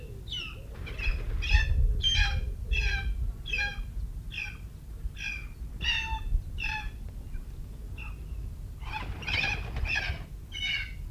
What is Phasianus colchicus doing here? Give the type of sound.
call